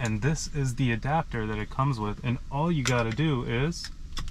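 A J1772 EV charging plug is handled alongside its Tesla charging adapter while someone talks through most of the clip. A couple of brief, light handling sounds come at about 4.2 and 4.3 seconds, but the plug has not yet clicked or seated into the adapter.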